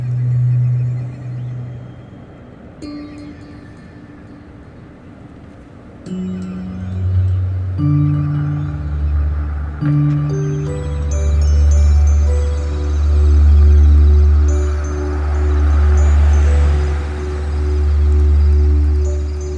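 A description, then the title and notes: A stainless steel sound sculpture plucked through light beams gives off low, humming tones that layer and sustain. New notes enter every few seconds, building into a dense drone that swells and fades in slow waves, with a soft airy hiss rising near the end. In the heart of downtown Minneapolis lies a playable public sound installation in the form of Sidewalk Harp . This 40-foot-long stainless steel wave resonates with ethereal tones as commuters and passersby pluck the strings through light beam sensors.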